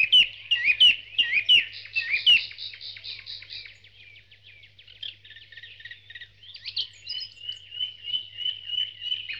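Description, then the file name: Birds (dawn chorus): several birds singing at once: quick whistled notes and a fast trill early, then softer chirps and a sustained high warbling phrase. Dawn chorus, from a sound-effects collection. "Spectacular Sound Effects - Birds Dawn Chorus"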